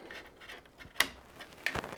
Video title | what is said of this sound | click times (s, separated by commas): How to Build a PC - Step by Step Beginners Guide 2026 | That's it. Clicked into place. | 1.0 s